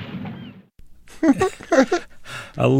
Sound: laughter

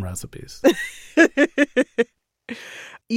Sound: laughter

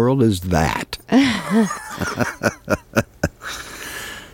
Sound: soundbite of laughter

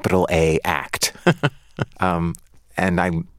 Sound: laughter

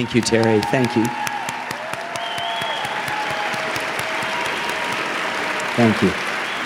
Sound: cheering

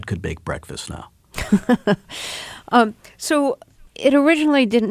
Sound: laughter

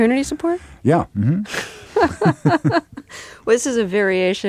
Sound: laughter

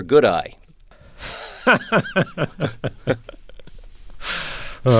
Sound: soundbite of laughter

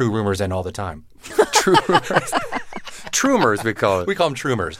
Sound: soundbite of laughter

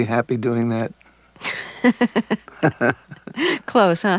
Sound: laughter

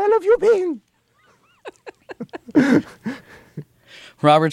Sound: soundbite of laughter

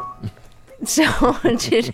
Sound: laughter

